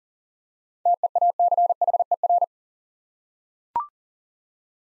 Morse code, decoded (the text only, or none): TEACHER